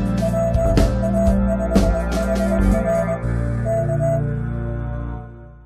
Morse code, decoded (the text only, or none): PA5HR K